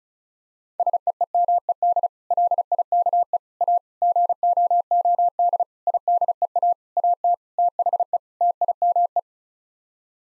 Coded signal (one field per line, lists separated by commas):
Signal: Morse code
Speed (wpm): 36 wpm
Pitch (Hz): 700 Hz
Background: none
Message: SEEMED LIKE A GOOD IDEA AT THE TIME